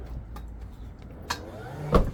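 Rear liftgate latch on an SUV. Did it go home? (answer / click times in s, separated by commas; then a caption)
yes / 2.0 s. The power rear liftgate on a 2020-2026 Toyota Highlander SUV won't close by button, so it is pushed shut by hand. After a low background rumble and a few faint knocks, including a sharper one near 1.3 s, the latch catches with a solid thud-click at 1.9 s. The liftgate latch is seated and locked.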